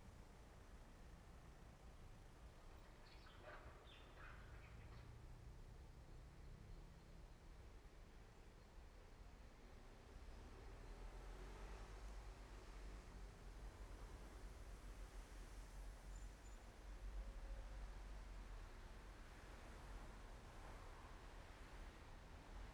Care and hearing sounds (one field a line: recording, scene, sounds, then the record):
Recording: everyday scene through a hearing-aid microphone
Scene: in traffic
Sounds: traffic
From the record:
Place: main road on the outskirts, rush hour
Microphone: behind the ear, left, front